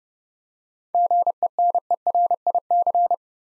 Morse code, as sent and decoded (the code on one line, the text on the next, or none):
--. . -. . .-. .. -.-.
GENERIC